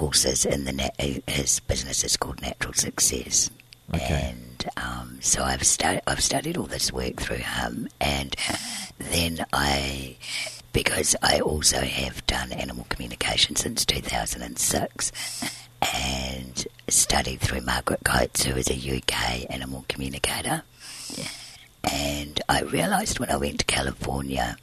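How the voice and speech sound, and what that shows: A woman speaks fluently in connected narration with an unusually low-pitched, rough and creaky voice that loses clarity at phrase ends. This is dysphonia from surgical scarring of one vocal cord, done to remove laryngeal cysts she was born with; she breathes through a tracheostomy tube because of a narrow airway.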